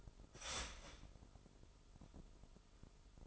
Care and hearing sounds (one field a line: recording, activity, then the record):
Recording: daily activity, microphone in the room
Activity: start toaster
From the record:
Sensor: 5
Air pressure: 988.7 hPa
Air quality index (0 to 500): 233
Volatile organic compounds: 183 ppm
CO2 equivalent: 4154 ppm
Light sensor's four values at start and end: 40/125/48/52 and 40/124/48/52